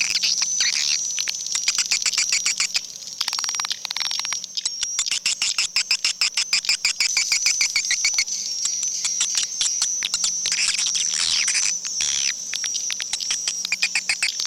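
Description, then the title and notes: Swiftlets giving fast rattling click trains and high thin chirping calls that run without pause, with a faint low hum. Swiftlet sound used in swiftlet bird farming in Asia. "Swiflet Bird Sound. Farming Swiflet Bird asia sound"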